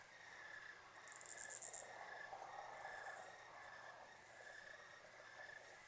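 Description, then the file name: Crickets keep up an even, ongoing chirping trill while higher buzzy bursts recur, the strongest near the start, and a low steady hum runs underneath. Crickets chirping in a country field at night, with a road in the distance. "Crickets Country Field Night Nice Chirping Distant Road"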